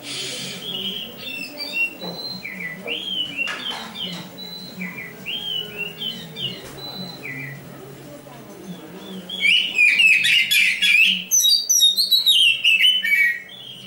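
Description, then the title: Oriental magpie-robin song: scattered soft, slurred whistles over a low hum, then a loud, excited burst of fast chattering and varied whistled phrases near the end. Champion kacer in full, chattering (gacor) song, used as a tutor recording for bird training. "Kacer Juara Gacor"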